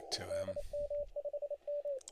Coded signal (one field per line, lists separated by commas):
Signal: Morse code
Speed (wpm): 31 wpm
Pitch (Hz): 580 Hz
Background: speech, radio noise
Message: DM5M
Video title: Listening around ow WAE CW Contest on 20M 8/10/25 20:00Z